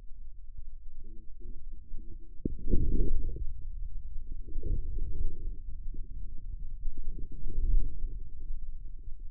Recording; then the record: forearm muscle sounds (acoustic myography)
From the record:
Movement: inward rotation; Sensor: system 2, bracelet of six BSWA MPA416 microphones around the upper forearm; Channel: 6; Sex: male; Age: 22 years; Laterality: right